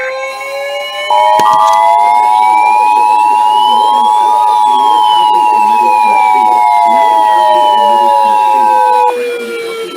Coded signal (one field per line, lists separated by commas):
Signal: Emergency Alert System (SAME) tones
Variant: 853 and 960 Hz attention tone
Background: speech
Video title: NOAA Radio (EAS # 419 443) Alerts From 6/28/18